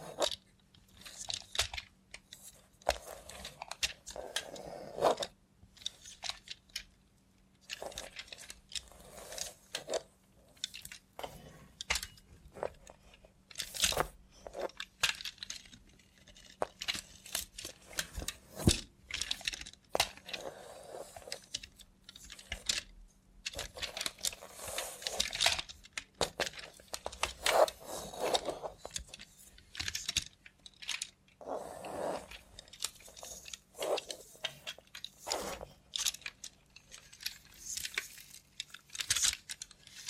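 ASMR with a robot hand: dense, irregular clicks, taps and crunchy scratches fill the whole 40 seconds with no pauses, some bursts brighter and sharper than others. A faint steady low hum runs underneath throughout.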